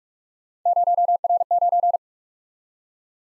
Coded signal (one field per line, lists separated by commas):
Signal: Morse code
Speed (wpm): 44 wpm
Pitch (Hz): 700 Hz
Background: none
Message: 0R9